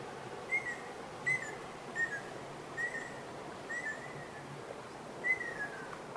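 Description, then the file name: Ruddy kingfisher call series: several short whistled notes near the same pitch, each slurring downward, repeated at short intervals with a longer pause before the last, over a constant hiss. Call series known in Japanese as tani-watari, meaning "valley-crossing". "アカショウビンの谷渡り"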